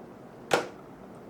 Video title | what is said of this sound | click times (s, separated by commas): Switching inks on EPSON ECOTANK? Do this first | And as you can see it clicks into place. | 0.5 s